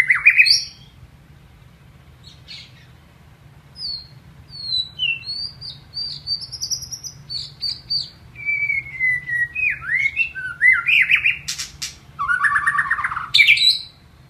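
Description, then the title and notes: White-rumped shama song: a varied run of rich whistles, slurred upward and downward notes and harsh buzzy bursts, loud and continuous through the second half, over a low steady hum. Masteran training song. "Masteran Murai Batu"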